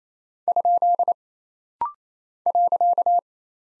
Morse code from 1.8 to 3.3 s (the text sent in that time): .